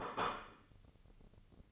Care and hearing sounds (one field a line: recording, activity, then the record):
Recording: daily activity, microphone in the room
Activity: place plate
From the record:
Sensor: 4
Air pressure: 1008.3 hPa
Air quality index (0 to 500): 82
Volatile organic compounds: 1 ppm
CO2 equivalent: 650 ppm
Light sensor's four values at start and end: 14/33/13/13 and 14/33/13/13